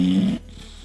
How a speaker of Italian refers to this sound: Ma lascia star la … che dorme. Ah, e senti come russa.